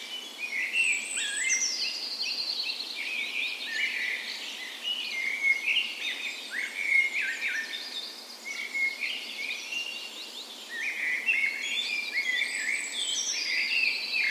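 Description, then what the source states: Chorus of birds, varied chirps and warbles with a high thin note and descending trill at start and end, soft background hiss. Dawn chorus in a park west in Bergen, Norway, on the morning of 17 May, Norway's National Day, in full spring; recorded with Sony PCM A10 and LOM Usi microphones as tree ears.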